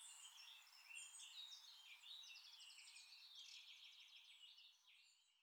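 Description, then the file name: Common nightingale song, a quiet, varied run of whistled phrases with a fast, rattling trill of repeated notes in the middle and no other clear sounds. "Luscinia megarhynchos"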